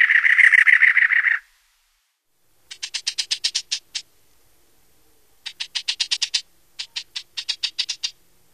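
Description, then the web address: Cactus wren rattling harshly for over a second, followed by several series of sharp, dry, fast clicking notes separated by short silences. "Songs of Birds of North America Stokes. Cactus Wren"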